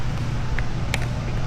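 A black, left/right-specific side plate is pushed onto a helmet shell and seats with a sharp click at 0.9 s. A fainter tick comes just before at 0.6 s and another just after at 1.0 s, over a steady low hum. The side piece is seated in place.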